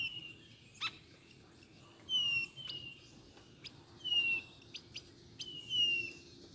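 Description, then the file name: Blue-naped chlorophonia whistling a few thin, falling notes, with a few crisp clicks in between. "canto do gaturamo bandeira"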